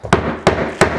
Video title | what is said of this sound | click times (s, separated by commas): BORING Room Transformed Into A Tiny & Cozy Art Studio: DIY Art Studio Makeover! | then you get it locked in coming this way and | 0.1 s, 0.5 s, 0.8 s